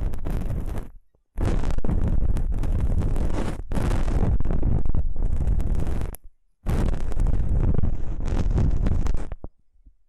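Slick gel is rubbed against the ear in loud, dense, crackling strokes that fill the sound from deep rumble to bright hiss. The rubbing runs in long stretches broken by brief silences near one, six and nine and a half seconds.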